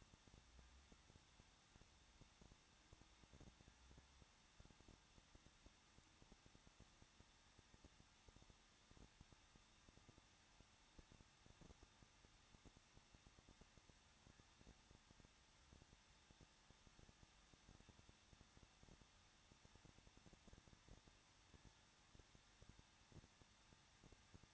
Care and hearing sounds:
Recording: daily activity, microphone in the room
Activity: no activity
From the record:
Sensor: 3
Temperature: 21.2 degrees Celsius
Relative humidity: 36.3%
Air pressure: 1006.4 hPa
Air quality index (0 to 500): 221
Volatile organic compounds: 40 ppm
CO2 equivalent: 3149 ppm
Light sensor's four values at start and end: 2/3/2/2 and 2/3/2/2

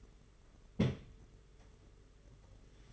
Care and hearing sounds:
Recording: daily activity, microphone in the room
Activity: place on stove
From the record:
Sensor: 4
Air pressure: 991.9 hPa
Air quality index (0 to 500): 85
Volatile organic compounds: 6 ppm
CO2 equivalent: 1927 ppm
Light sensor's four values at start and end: 21/75/27/29 and 21/75/27/29

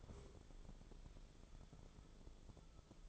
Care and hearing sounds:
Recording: daily activity, microphone in the room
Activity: stand up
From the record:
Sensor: 5

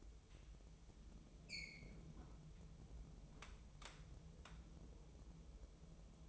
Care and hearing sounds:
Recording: daily activity, microphone in the room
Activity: close fridge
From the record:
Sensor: 1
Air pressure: 988.4 hPa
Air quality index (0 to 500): 200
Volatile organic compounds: 1000 ppm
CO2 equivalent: 5334 ppm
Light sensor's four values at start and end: 26/98/37/38 and 26/98/37/38

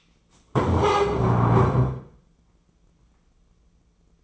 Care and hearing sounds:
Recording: daily activity, microphone in the room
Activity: stand up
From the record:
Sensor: 1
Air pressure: 996.0 hPa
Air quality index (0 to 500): 235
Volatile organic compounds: 1000 ppm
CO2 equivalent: 6857 ppm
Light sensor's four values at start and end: 35/86/37/44 and 33/82/35/42

